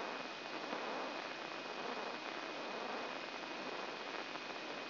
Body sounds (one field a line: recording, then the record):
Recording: brain microelectrode recording played as sound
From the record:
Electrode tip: inside the subthalamic nucleus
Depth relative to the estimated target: -2 mm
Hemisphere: right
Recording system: AlphaMap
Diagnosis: Parkinson's disease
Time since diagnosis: 9 years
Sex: male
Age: 68 years